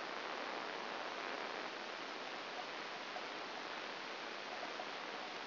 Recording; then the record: brain microelectrode recording played as sound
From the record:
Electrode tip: outside the subthalamic nucleus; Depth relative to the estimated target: 4 mm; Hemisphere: left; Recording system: AlphaMap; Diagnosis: Parkinson's disease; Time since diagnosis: 9 years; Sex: male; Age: 68 years